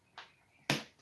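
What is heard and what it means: A plastic minifigure hand is pressed into the arm socket of a building-brick figure, a stiff fit that has to be persuaded to pop in. A faint tick comes at 0.2 s, then a sharp, loud snap at 0.7 s as the hand seats in place.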